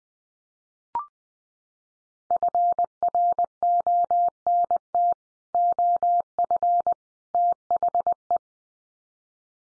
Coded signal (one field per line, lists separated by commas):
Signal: Morse code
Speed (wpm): 20 wpm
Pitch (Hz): 700 Hz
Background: none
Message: FRONT OF THE